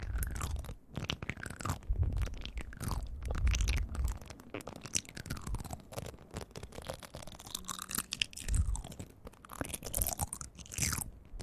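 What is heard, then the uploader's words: Ear eating: wet, crunchy chewing and smacking sounds that run almost without pause, packed with quick clicks and squelches. Low thumps land around 1, 2–4 and 8.5 seconds, and bright sliding squeaks rise and fall across the middle and end. Relaxing Ear Eating.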